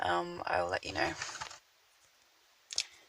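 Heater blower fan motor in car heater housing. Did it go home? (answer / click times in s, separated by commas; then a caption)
released / 2.7 s, 2.8 s. On a Peugeot 307, the heater blower fan motor in the car heater housing is turned a few degrees clockwise to unlock its bayonet twist-lock mount. Someone talks at the start, then after a quiet pause the mount pops free with two sharp clicks at 2.7 s and 2.8 s, releasing the fan so it can be pulled out.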